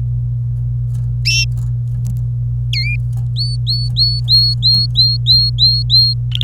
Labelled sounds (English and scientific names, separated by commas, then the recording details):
Domestic Canary (Serinus canaria) song
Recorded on 26 April 2018 at 10:12
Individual llb3